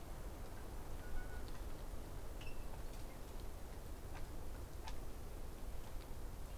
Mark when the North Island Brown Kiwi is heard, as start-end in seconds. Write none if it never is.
none